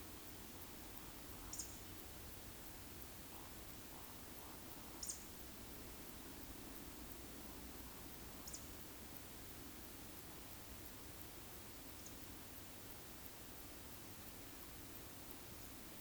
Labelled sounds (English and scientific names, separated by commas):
Eurasian Woodcock (Scolopax rusticola) whistle, Eurasian Woodcock (Scolopax rusticola) croak